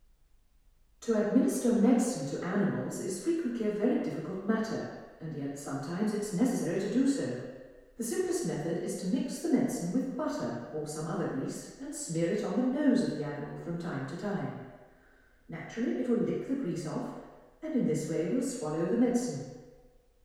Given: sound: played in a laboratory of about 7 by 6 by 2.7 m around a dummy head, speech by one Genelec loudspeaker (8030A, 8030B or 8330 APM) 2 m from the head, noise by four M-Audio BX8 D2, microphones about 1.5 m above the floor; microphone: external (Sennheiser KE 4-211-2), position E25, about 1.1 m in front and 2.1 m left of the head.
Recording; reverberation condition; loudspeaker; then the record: female speech in English; high; 60 degrees to the right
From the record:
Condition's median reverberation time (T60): about 1300 ms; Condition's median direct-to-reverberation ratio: about -4.0 dB